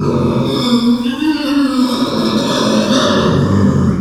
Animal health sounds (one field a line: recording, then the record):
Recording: squeal of a Yucatan mini pig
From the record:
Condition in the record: after surgery on the right vocal fold (resection and tissue-engineered implant)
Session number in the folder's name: 14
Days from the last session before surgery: 133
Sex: female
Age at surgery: 19 weeks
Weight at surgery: 25 kg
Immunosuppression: prednisolone